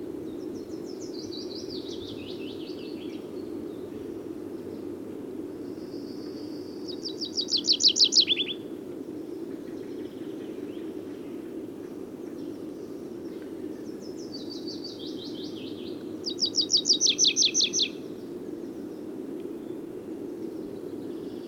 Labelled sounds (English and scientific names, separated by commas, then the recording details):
Tree Pipit (Anthus trivialis) song
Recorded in the wild
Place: Hohenzieritz, Mecklenburg-Vorpommern, DE
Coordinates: 53.457, 13.11
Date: 1980-05-01 10:30
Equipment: Nagra III BH, Sennheiser MD 21, parabola
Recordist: Schubert, Michael